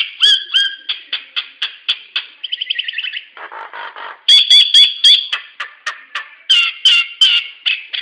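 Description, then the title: Nias hill myna calls: rapid series of sharp whistled and squawking notes, a fast rattling run near three seconds, then loud ringing whistles and chatter. "Burung jalak nias"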